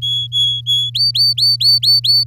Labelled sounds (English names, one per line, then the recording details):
Domestic Canary song
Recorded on 10 May 2018 at 11:19
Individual llb16